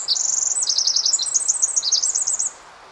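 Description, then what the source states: Pacific wren singing a dense run of very high, fast notes, opening with a quick trill and tumbling through rapid varied phrases before stopping abruptly. Song packs a very large number of very fast notes into a short time.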